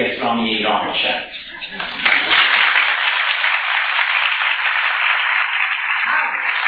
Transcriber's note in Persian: کف زدن حضار